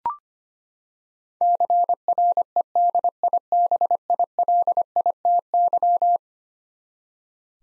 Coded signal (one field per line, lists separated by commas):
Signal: Morse code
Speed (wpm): 25 wpm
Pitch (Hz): 700 Hz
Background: none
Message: CREDIBILITY